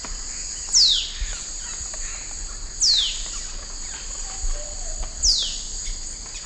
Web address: Natures Songs S America Eastern Lowlands. Lanio fulvus, call